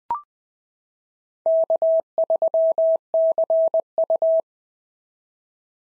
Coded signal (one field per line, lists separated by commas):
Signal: Morse code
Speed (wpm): 20 wpm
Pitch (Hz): 650 Hz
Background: none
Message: K3CU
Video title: POTA QSO Practice - 20wpm